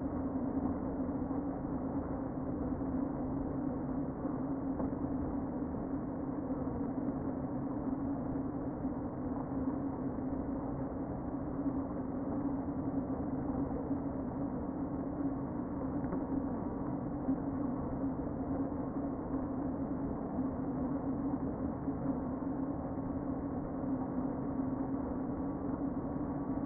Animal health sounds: honeybee colony, microphone inside the hive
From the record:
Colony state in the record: queen present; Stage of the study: before two queens were removed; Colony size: about 60,000 bees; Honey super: yes

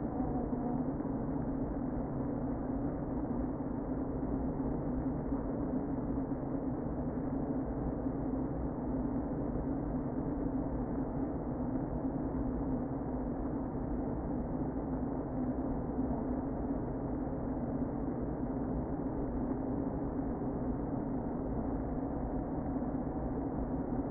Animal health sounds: honeybee colony, microphone inside the hive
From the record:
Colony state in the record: queen present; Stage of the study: before two queens were removed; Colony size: about 60,000 bees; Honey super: yes

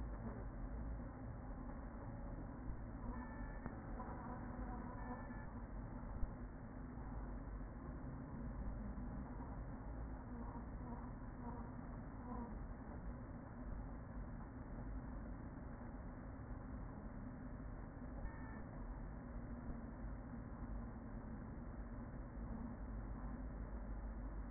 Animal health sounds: honeybee colony, microphone inside the hive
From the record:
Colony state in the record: queen present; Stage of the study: after two queens were removed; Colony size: about 40,000 bees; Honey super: no

